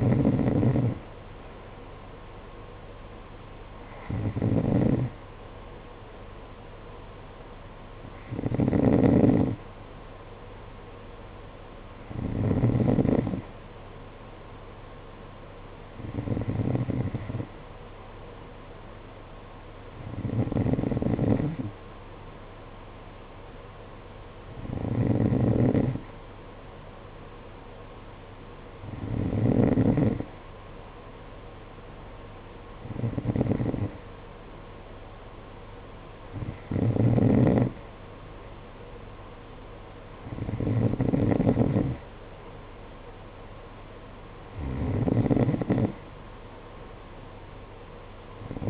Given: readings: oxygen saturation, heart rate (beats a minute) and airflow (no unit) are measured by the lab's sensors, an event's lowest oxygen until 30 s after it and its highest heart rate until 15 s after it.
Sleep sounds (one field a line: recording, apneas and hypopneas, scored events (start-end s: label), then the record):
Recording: breathing in sleep by a voice recorder at the bedside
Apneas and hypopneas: none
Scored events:
none scored
From the record:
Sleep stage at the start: N2 (light sleep)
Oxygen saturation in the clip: 91 to 92%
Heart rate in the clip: 50 to 54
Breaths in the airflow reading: 12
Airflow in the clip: -7.3 to 6.0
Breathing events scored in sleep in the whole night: 476 in 9.7 hours asleep